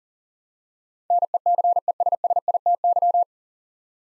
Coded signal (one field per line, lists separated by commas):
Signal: Morse code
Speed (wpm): 40 wpm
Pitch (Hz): 700 Hz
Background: none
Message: NECESSITY